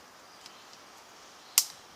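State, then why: Seated. An attachment shaft for a Ryobi 18 Volt Expand-It tool is pushed into the coupling, which has several holes, so that its small spring button can pop into one of them. After quiet handling with a faint tick near 0.5 s, a sharp, bright click sounds at 1.6 s as the button snaps into a hole. The attachment is seated and locked in the coupling.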